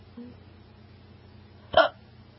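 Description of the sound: A single sharp, voiced hiccup breaks a quiet room background, a brief gulping 'hic' lasting about a tenth of a second. A faint murmur of voice comes just before. This is one hiccup from an adult, a sudden involuntary spasm of the diaphragm with abrupt closure of the vocal cords.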